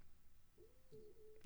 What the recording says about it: Can you hear my stomach growling? Holy shit, that was loud.